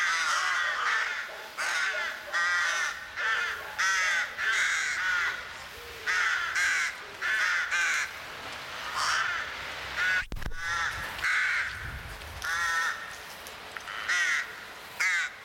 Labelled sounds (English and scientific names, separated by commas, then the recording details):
Rook (Corvus frugilegus) call
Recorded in the wild
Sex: group
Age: adult
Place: Kühlungsborn, Mecklenburg-Vorpommern, DE
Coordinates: 54.15, 11.75
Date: 1984-03-28 17:32
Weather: sunny, 12°C
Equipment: Nagra SN, Sennheiser MKH 416 T, Kopie Uher 4000 Report Monitor
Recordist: Tembrock, Günter